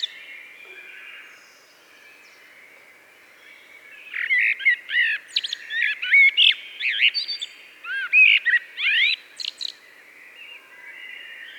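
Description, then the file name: Eurasian blackbird calls: after a few quiet seconds, a burst of clear warbled notes and sweeping high twitters lasts about six seconds, then fades to a faint hush. "Turdus merula"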